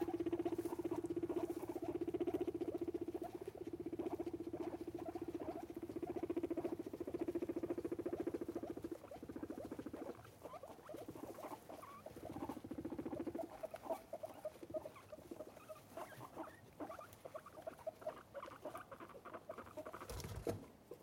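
Guinea pigs make odd, steady purring and chirping squeaks, loudest in the first ten seconds, then turning softer, broken and scratchier.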